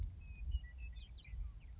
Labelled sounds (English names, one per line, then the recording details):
Western Meadowlark
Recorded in Sonoma County, California